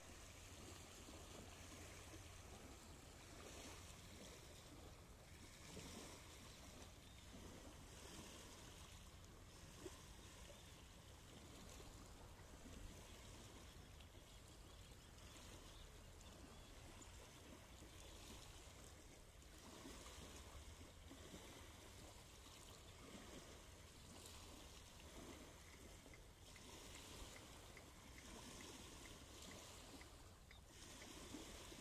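Water from the Río de la Plata sounds as a steady, dense wash with no pause across the whole stretch. A constant low rumble sits underneath, and soft lapping swells rise and fall every few seconds without any single standout event.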